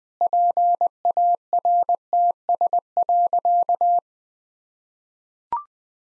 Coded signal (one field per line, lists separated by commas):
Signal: Morse code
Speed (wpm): 21 wpm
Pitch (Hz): 700 Hz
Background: none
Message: PARTS.